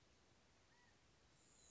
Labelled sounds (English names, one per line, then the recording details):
California Quail
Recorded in Sonoma County, California